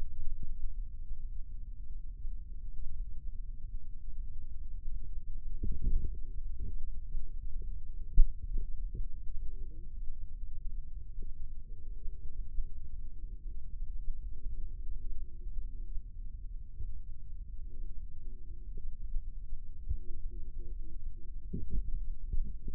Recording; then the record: forearm muscle sounds (acoustic myography)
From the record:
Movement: rest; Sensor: system 2, bracelet of six BSWA MPA416 microphones around the upper forearm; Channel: 6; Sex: male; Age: 22 years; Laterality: right